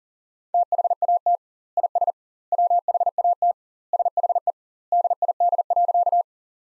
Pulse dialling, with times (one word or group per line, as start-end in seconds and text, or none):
none